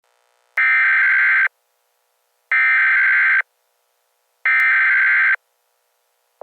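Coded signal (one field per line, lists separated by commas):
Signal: Emergency Alert System (SAME) tones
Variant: header bursts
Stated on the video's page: Recreation of an EAS warning for a fictional event.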